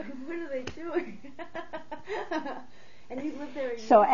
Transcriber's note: they laugh